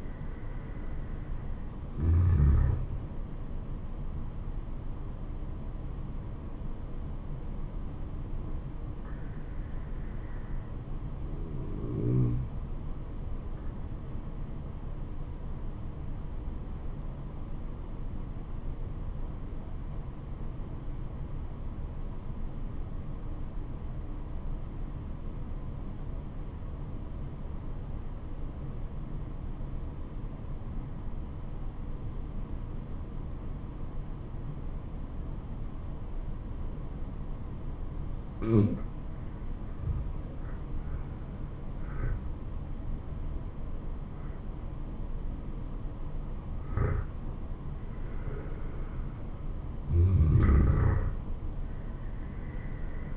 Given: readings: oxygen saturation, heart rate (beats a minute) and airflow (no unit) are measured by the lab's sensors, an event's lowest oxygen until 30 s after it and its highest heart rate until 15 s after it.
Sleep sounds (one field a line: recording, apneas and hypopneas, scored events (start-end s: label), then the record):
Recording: breathing in sleep by a smartphone at the bedside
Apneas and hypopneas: 1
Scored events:
16.00-41.00 s: obstructive apnea (N2, oxygen 96% highest, then 84% lowest, heart rate 74 at the start, 76 highest)
From the record:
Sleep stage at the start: N2 (light sleep)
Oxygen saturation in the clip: 86 to 96%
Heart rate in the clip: 67 to 76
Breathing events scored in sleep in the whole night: 426 in 7.4 hours asleep